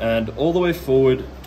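A .38/.357 revolver cartridge is set on the loading plate of a rifle, pressed down and pushed forward toward its under-barrel tube magazine while someone talks, with a faint short tick near 1.4 s. The clip ends before the cartridge goes home; nothing has seated or clicked into the tube yet.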